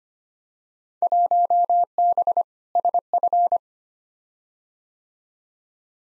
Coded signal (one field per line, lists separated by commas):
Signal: Morse code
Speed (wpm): 25 wpm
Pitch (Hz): 700 Hz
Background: none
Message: 1B SF